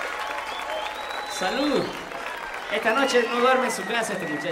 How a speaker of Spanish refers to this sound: Con el permiso de los presentes, quiero pedir un fuerte aplauso para un músico nuestro que está cumpliendo años hoy. Muchísimas gracias por los aplausos.